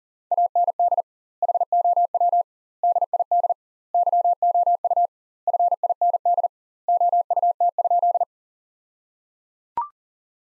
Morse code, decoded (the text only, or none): AND HOW DID YOU FIND OUT?